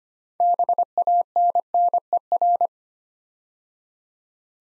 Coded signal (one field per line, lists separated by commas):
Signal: Morse code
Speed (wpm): 25 wpm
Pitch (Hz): 700 Hz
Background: none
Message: BANNER